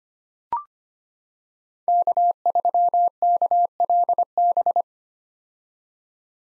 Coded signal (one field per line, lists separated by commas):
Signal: Morse code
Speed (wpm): 25 wpm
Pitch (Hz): 700 Hz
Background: none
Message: K3KLB